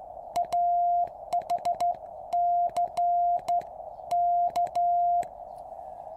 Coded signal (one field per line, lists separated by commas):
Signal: Morse code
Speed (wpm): 14 wpm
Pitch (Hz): 700 Hz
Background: none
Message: AHC K